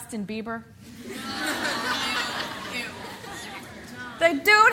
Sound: laughter

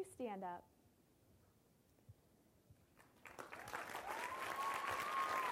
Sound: applause

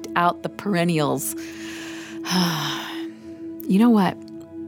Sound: sigh

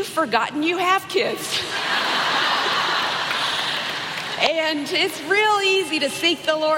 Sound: laughter

